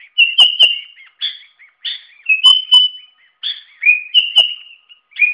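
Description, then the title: Sooty-headed bulbul delivering lively chirping phrases and sustained whistled notes in uneven bursts, with brief quiet gaps between them. "Suara Burung Kutilang"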